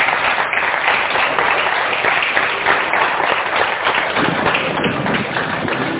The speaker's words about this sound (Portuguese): E aplaudir a Jesus por isso.